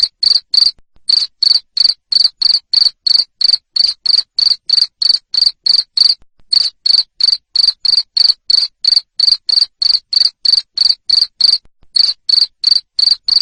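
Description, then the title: Cricket calling with a long series of loud, high chirps, around three per second, paused briefly a few times. Loud cricket chirping played to make lovebirds sing continuously. "Suara JANGKRIK NGERIK Keras Bikin LOVEBIRD Jadi NGEKEK Terus Vubey"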